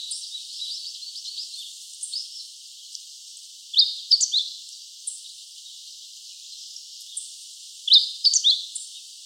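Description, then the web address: Meadow bunting song: short bursts of quick, high, twittering notes, one phrase near the middle and another near the end, over steady faint hiss. Recorded 23 February 2018. "birdenaga hojiro"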